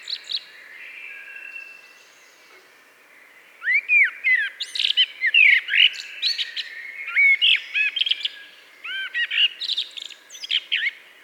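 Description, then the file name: Common blackbird delivering varied whistled and chirped notes, sparse at first, then a lively sequence of quick, sliding phrases repeated for several seconds. "Turdus merula"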